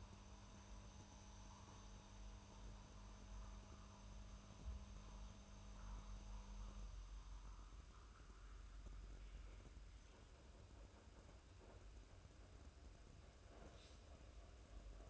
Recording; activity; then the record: daily activity, microphone in the room; make coffee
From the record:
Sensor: 2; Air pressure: 994.3 hPa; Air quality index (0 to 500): 209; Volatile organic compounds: 1000 ppm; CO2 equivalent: 6889 ppm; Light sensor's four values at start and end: 132/313/132/136 and 131/310/131/134